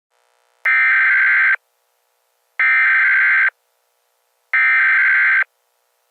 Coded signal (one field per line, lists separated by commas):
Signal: Emergency Alert System (SAME) tones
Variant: header bursts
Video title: EAS Scenario 1: Paczkis Gone Bad!